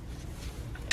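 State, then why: Seated. On a 2013-2020 Ford Fusion, the electrical connector of a new ABS wheel speed sensor is pushed onto its plastic mating connector in the vehicle wiring until it latches. A low, steady rumble runs under a faint brief sound at about 0.8 s, then a sharp click lands at 0.9 s as the connector seats.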